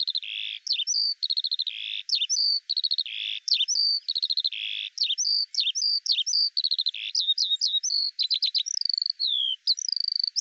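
Eurasian skylark song, a long unbroken torrent of high chirps, buzzy notes and rapid trilled bursts, varied and nonstop throughout.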